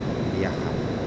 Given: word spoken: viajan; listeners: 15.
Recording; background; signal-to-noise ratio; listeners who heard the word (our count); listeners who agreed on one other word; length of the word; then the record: one Spanish word in noise, from a listening test; speech-shaped noise; -5.0 dB; 3 of 15; 10 of 15; 0.67 s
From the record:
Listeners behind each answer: 10, 3, 1, 1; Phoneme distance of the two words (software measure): 7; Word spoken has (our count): 2 syllables, 6 phonemes, stress on syllable 1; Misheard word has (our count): 2 syllables, 5 phonemes, stress on syllable 1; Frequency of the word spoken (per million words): 5.80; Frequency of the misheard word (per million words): 11.23